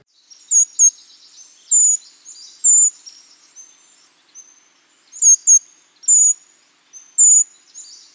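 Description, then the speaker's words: Brown creeper calls: very high, thin, sibilant seee notes given singly or in quick pairs, in two clusters a few seconds apart, against a quiet background. "That was the call of a brown creeper."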